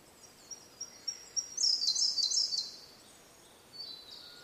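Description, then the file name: Blue-and-white flycatcher song: soft ticking notes, then a loud one-second phrase of rapid high warbled notes, and a faint whistle afterwards. "oruri"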